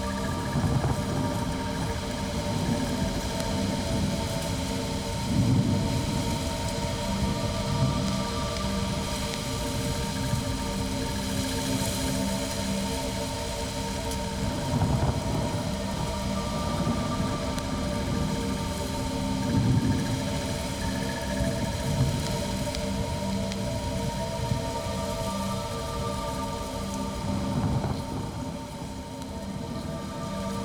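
A steady, dense roar of wind fills the whole recording, with a deep rumbling low end that surges in gusts around 6, 15 and 20 seconds. Sustained whistling and droning tones hang above the roar, some fading in and out, giving an eerie, machine-like hum.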